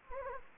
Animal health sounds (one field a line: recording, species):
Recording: mosquito wingbeat signal from an infrared sensor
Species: Anopheles gambiae